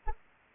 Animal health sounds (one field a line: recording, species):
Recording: mosquito wingbeat signal from an infrared sensor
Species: Anopheles arabiensis